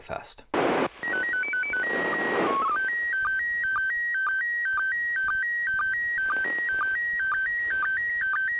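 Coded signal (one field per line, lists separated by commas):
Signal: SSTV (slow-scan television)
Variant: PD 120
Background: speech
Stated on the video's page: SSTV images transmitted from the ISS during an ARISS activity.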